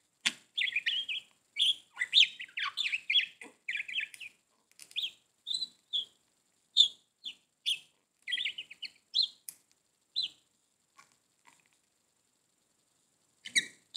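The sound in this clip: Budgerigar calls: short bright chirps and warbled notes in quick bursts, busy for four seconds, then spaced single chirps with gaps, a final burst at the end.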